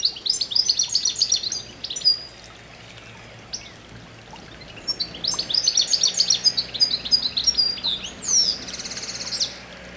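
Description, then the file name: European goldfinch giving bright, tinkling twitters high in pitch, in two bursts a few seconds apart; faint steady background noise. "Carduelis carduelis"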